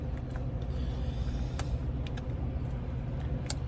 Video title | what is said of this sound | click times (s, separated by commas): HF Hauff Ford V-10 Altrac Wiring Harness Install | you'll hear the automotive connector click into place | 3.5 s